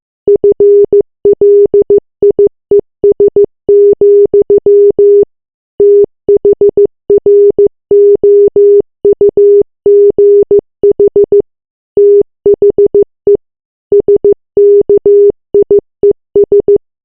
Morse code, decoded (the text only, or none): FLIES, THROUGH THE SKIES